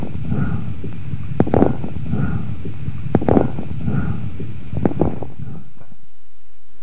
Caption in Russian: Фоне бронхиального дыхания, вы услышите крепитацию. Особый звук, напоминающий нежный треск. Крепитация, в отличие от хрипов, не изменяется после покашливания. Крепитация может быть выслушана на первой и третьей стадиях крупозной пневмонии, при бронхопневмонии, а также у пациентов с пневмосклерозом, компрессионным ателлектазом и левожелудочковой сердечной недостаточностью.